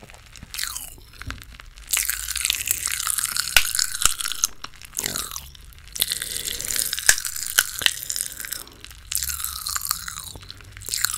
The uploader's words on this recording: ASMR Eating Easter Candy squishy mouth sounds.